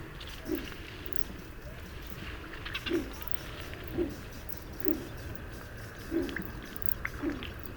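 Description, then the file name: Domestic pigeon cooing, six brief low hoots at irregular intervals over a low rumbling background. "hazi galamb hangja"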